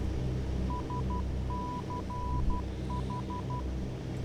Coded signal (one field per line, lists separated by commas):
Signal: Morse code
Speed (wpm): 12 wpm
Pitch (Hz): 990 Hz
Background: none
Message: SCH